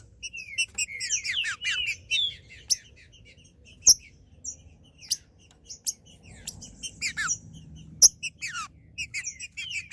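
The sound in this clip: Green-winged saltator singing loud, descending whistled slurs mixed with short chirps, in irregular phrases, with a few sharp clicks and a faint low rumble.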